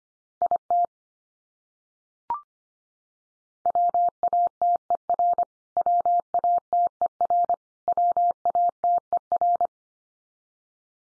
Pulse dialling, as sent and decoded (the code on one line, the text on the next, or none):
none